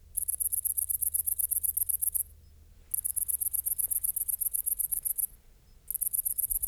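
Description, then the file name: Great green bush-cricket song, a piercing high ticking buzz in long runs of about two seconds with short breaks, over faint low background rumble. "Tettigonia viridissima"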